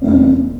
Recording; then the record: squeal of a Yucatan mini pig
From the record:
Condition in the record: after surgery on the right vocal fold (resection and tissue-engineered implant); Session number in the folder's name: 5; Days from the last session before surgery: 33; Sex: female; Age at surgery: 19 weeks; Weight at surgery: 25 kg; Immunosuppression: prednisolone